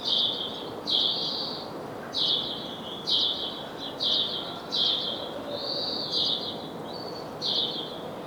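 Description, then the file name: House sparrow giving a series of harsh chirps, about one per second, some slurred together into longer notes, with low background hiss. "Passer domesticus"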